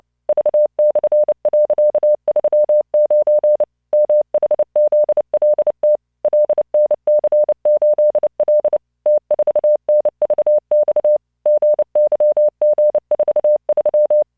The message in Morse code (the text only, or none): V/.39 MHZLT LNC8L T4NVX GYG43